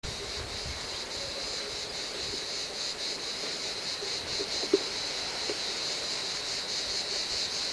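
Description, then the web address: Cicada song, a steady high buzzing drone that pulses faintly and runs throughout, over a low background rumble. "zikaden sounds cigale"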